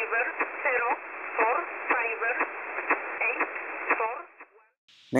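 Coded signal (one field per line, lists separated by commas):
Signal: numbers station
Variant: E11a (Oblique)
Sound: short, evenly spaced spoken words, likely numbers, through hissy narrowband radio audio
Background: radio static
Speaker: first off we've got e11a oblique with no [Applause] attention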